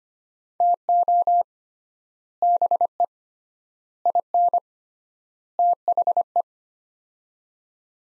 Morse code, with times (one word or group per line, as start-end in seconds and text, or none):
0.6-1.4 TO
2.4-3.0 BE
4.1-4.6 IN
5.6-6.4 THE